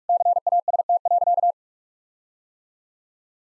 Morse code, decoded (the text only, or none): CAST.